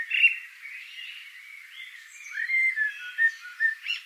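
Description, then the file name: Eurasian blackbird song: warbled fluting notes running into a few clearer whistled notes and a brief high squeak at the end. "Turdus merula"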